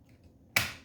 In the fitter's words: All right, 2 clicks, ready to go.